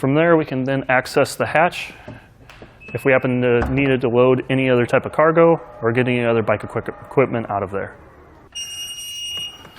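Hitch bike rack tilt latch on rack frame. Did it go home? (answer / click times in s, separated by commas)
no / none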